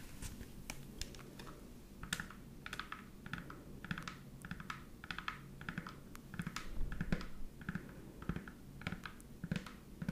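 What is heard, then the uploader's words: Tapping sounds in quick, fairly regular succession, like fingertips on keys, with crisp bright clicks arriving several times a second throughout. A soft low rumble and murmur run steadily underneath, and the taps grow slightly denser and louder around the seventh second. Tapping ASMR.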